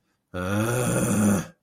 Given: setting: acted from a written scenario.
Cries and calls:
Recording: vocal sound without words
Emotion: anger

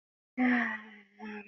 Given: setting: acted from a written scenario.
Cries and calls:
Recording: vocal sound without words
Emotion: romantic love

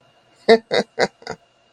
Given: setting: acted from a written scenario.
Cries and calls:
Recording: vocal sound without words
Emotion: pride

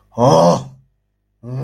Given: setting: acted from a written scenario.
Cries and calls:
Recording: vocal sound without words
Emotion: anger

